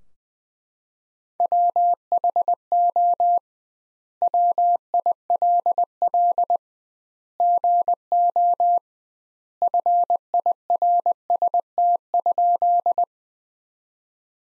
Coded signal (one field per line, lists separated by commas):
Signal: Morse code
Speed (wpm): 20 wpm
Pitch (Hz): 700 Hz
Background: none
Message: WHO WILL GO FIRST?